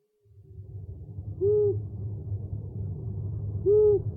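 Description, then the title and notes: Owl hooting, two low, hollow single hoots about two seconds apart over a steady low hum. Part of a compilation of 69 call variants from 11 owl species. "Sovy - Eulen - Owls. 69 variant hlasů - 11 druhů sov"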